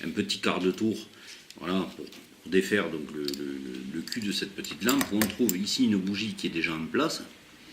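Someone talks while handling a small metal Uco candle lantern, giving the base a quarter turn to remove it and showing the tea-light candle already held in place by spring clips. Light metallic clinks and rattles of handling are heard under the speech. Nothing has seated or clicked yet; the candle has not yet been clipped into the lantern base.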